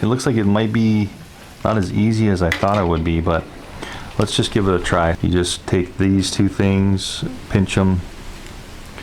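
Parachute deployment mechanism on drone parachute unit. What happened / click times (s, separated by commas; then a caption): The mechanism is being handled and has not clicked into place yet / none. Someone talks while handling the parachute deployment mechanism of a ParaZero SafeAir drone parachute unit, getting ready to pinch two parts together to recock the spring-loaded release before refitting it on a Phantom. Nothing has seated or clicked yet.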